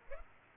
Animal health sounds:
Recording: mosquito wingbeat signal from an infrared sensor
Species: Aedes aegypti

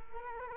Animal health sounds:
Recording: mosquito wingbeat signal from an infrared sensor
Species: Culex quinquefasciatus

